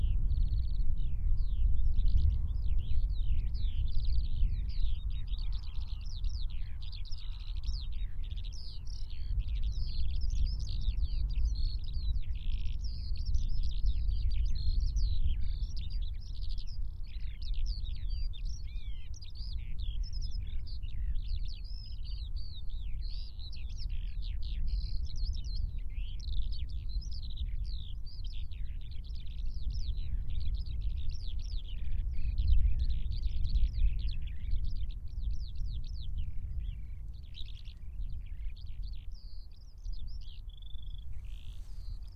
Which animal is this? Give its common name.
Eurasian Skylark